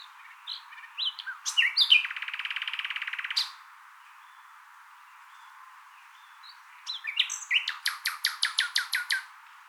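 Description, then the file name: Common nightingale song of varied short notes leading into a steady buzzy trill, a pause, then a series of sharp, evenly repeated notes. "Luscinia megarhynchos"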